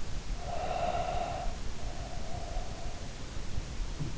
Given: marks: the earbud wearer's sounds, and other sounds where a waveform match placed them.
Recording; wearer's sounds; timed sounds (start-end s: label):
sounds in sleep by an in-ear microphone; breath
0.35-3.17 s: breath